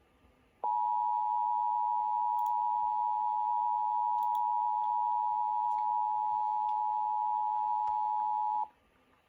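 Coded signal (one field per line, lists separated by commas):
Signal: Emergency Alert System (SAME) tones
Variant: 853 and 960 Hz attention tone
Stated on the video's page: Georgia Amber Alert (Levi's Call) missing-child emergency broadcast.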